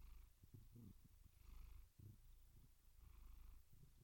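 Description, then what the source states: Domestic cat purring, low and rough, in an uneven rhythm. Gentle, rhythmic purring.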